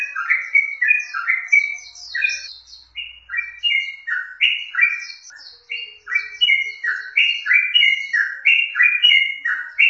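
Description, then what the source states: Yellow-vented bulbul giving a long, cheerful babbling song of quick descending chirps, nearly continuous but with two brief lulls; background otherwise quiet. Wild bird.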